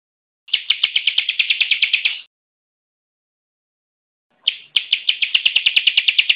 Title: Kicau Ciblek